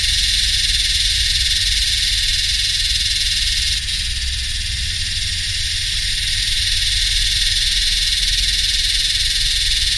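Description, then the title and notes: Yellowbelly cicada chorus, a steady dense high buzzing hiss that fills the upper range without pause, over a low machine hum. Psaltoda harrisii, several cicadas singing in the heat with humming machines, subtropical dry sclerophyll forest and heathland, Royal National Park, NSW, Australia, 7 December 2015, early summer. "My Yellowbelly friends (Psaltoda harrisii) singing in the heat along with some humming machines in a mixture of subtropical dry scherlophyll forest and heathland. 7th of December, 2015 (Royal National Park, NSW, Australia.)"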